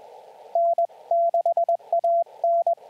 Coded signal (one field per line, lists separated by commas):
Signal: Morse code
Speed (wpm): 21 wpm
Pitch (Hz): 680 Hz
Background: radio noise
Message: N6AN